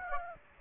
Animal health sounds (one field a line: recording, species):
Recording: mosquito wingbeat signal from an infrared sensor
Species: Aedes aegypti